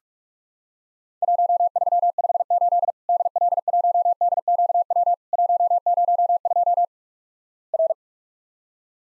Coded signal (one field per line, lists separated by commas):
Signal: Morse code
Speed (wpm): 46 wpm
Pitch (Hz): 700 Hz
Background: none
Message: 1358 DL1DQW 102 R